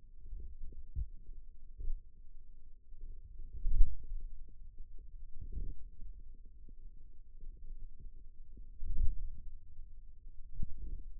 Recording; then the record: forearm muscle sounds (acoustic myography)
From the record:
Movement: wrist flexion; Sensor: system 2, bracelet of six BSWA MPA416 microphones around the upper forearm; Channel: 2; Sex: male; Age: 22 years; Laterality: right